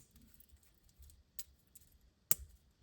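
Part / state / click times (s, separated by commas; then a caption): watch closing part (clasp or screw-down crown) on a wristwatch / partly seated / 2.3 s. A closing part (clasp or screw-down crown) on a Breitling Chronomat B01 42mm wristwatch is worked after a service, with faint small ticks and a soft tick near 1.4 s before a sharp, bright click at 2.3 s. The part clicks but no longer closes properly, a fault left by the service.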